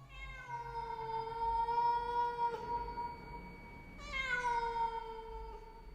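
A pet cat, lying down, lets out two long, drawn-out meows, the first sustained for a few seconds and the second rising sharply before trailing off, with no talking.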